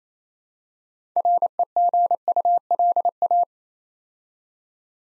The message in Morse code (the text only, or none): REGULA